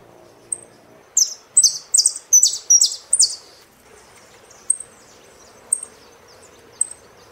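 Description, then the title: Saffron finch song: a burst of loud, rasping buzzy notes in quick succession, followed by sparse thin high chips roughly once a second. "Jilguero Argentino"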